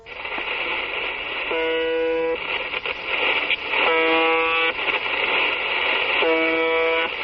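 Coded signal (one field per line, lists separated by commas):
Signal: numbers station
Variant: UVB-76 (The Buzzer)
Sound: three short harsh buzzes about 2.4 seconds apart over hissing shortwave static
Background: radio static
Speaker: Pues podría ser el claxon de un camión, la sirena de un barco, pero no, se llamaba UVB-76.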